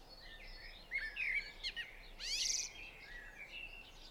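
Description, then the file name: Eurasian blackbird song: low flutey notes rising and falling, followed by a sharp, squeaky burst of high twitter and softer trailing notes, with faint background hiss. Singing on a roof, 28 April 2016 at 06:05. "2016-04-28-06 05-Merel-zingend-op-het-dak"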